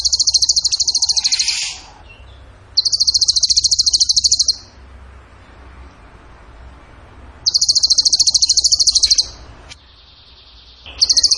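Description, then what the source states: Bird song: several bursts of rapid, buzzy pulsed trills high in pitch, each about two seconds long, separated by pauses. Masteran training recording of bird song in the tembakan gacor style.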